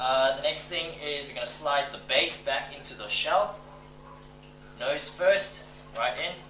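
Someone talks while the plastic base of a Spire paintball hopper (loader) is being slid nose first back into its shell, with a steady low hum underneath. The clip ends before the base is pushed down, so nothing has seated or clicked yet.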